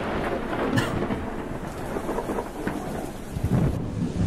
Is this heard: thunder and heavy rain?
yes